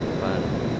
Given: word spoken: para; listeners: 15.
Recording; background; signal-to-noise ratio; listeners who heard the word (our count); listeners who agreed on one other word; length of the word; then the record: one Spanish word in noise, from a listening test; speech-shaped noise; -4.6 dB; 2 of 15; 6 of 15; 0.40 s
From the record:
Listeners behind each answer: 6, 2, 1, 1, 1, 1, 1, 1, 1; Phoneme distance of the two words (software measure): 17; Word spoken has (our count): 2 syllables, 4 phonemes, stress on syllable 1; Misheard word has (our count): 1 syllable, 3 phonemes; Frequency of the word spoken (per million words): 6962.26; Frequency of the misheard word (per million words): 77.24